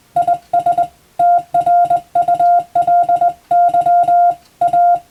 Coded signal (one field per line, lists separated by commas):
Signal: Morse code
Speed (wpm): 20 wpm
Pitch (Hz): 700 Hz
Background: none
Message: IS TRULY A